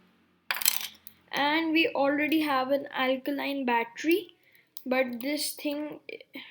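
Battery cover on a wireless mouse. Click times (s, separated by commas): 0.5 s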